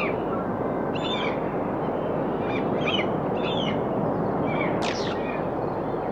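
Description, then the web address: Bird calls, short high chirps and squeaky notes in loose bursts, one sharp descending squeal near the end, over a steady roar of surf. Recorded on a rocky shoreline. "Dr Sound Effects. Birds On a Rocky Shoreline"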